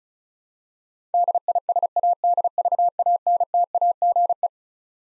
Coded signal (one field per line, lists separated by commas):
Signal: Morse code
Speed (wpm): 34 wpm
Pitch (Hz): 700 Hz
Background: none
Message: DISADVANTAGE